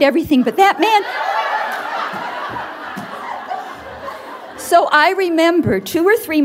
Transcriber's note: laughter